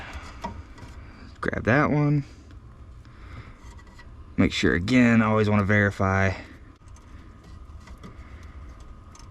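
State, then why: Not seated. A wire terminal from a kit is handled before going into the B2 cavity of a plastic wiring connector on a 2003 Silverado truck, with the pin position being checked first. Someone talks, and faint small taps and handling noises are heard. Nothing has seated or clicked yet.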